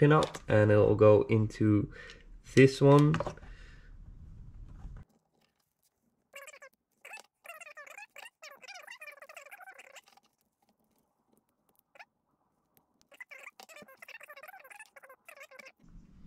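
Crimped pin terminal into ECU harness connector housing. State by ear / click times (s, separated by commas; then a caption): not seated / none. Someone talks briefly, then a wired, crimped pin terminal is handled against a plastic ECU harness connector housing, making light, scratchy plastic rattles and ticks from about 6.4 to 10 s and again from 13 to 16 s. The terminal is being worked toward the housing but has not gone home, and nothing has seated or clicked yet.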